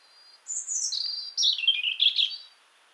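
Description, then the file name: European robin song, a high whistled note gliding downward into a run of tumbling, liquid warbles that dip and rise again, in near silence. "Erithacus rubecula"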